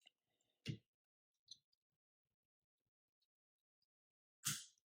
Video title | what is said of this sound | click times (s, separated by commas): How to Change Tesla Model Y and Model 3 Windshield Wiper Blades - Super Easy! | there you go clicks right in | 4.5 s